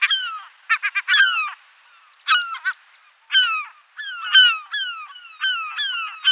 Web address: Schulze Peter European Herring Gull